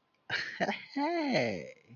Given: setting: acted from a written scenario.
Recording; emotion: vocal sound without words; interest